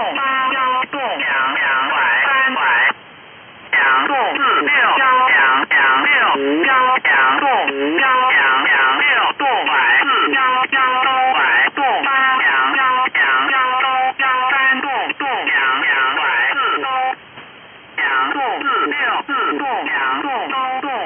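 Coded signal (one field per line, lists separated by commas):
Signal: numbers station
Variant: VC01 Chinese Robot, Mandarin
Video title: Chinese Robot number station VC01 | Signal Phantom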